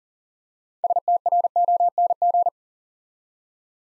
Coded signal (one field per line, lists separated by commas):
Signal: Morse code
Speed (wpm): 39 wpm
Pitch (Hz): 700 Hz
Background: none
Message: STRONG